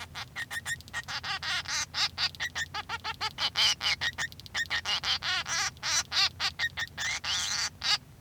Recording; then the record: song of a male Bengalese finch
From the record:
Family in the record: son of father 3